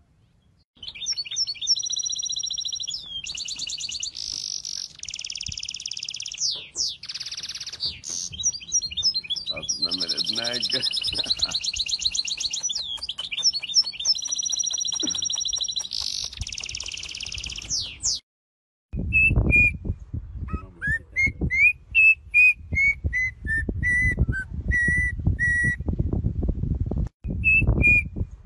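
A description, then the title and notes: Birds sing in a long, dense, rapidly changing run of high whistles, trills and buzzy phrases for the first eighteen seconds. After a brief silence, thinner, more widely spaced high chirps follow over low thumps and rustling noise. Birds sing (low quality).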